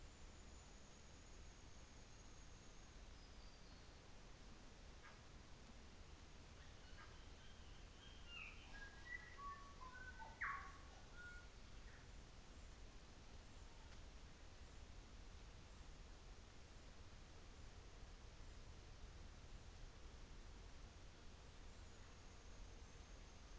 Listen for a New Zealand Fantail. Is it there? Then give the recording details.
no. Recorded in New Zealand on 24 December 2018. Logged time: 14:45